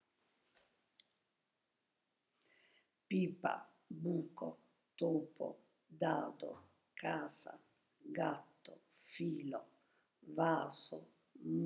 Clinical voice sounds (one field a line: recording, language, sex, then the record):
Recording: read list of words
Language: Italian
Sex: female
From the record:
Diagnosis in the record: healthy control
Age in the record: 72 years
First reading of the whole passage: 67 s, 7.5 characters per second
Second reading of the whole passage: 67 s, 7.5 characters per second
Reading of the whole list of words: 68 s, 4.2 characters per second